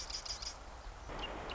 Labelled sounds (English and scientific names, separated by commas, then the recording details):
Marsh Wren (Cistothorus palustris)
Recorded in Sonoma County, California